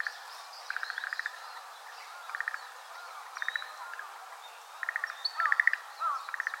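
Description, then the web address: Little grebe trilling call: short bursts of rapid, evenly spaced notes repeated several times, with other faint bird calls and whistles in the background. Recorded 9 April 2014. "birdenaga kaituburi 140409"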